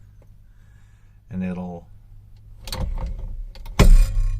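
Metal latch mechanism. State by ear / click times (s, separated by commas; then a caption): seated / 3.8 s. A carbon steering wheel is pushed onto its quick-release hub adapter on a Nissan Hardbody while someone talks, with some rattling and shuffling before a sharp, loud hit at 3.8 s as the wheel locks into place.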